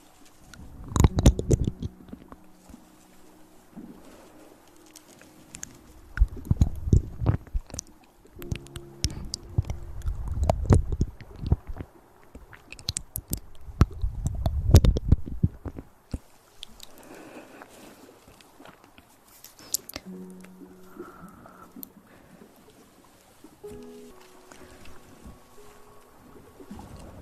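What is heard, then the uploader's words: Mouth sounds come in uneven bursts of wet clicks, smacks and low gurgling hums, densest in the first fifteen seconds with loud clusters around 1, 7, 10 and 14 seconds. After that they thin out into quieter clicks and short buzzy tones with gaps between. Mouth Sounds.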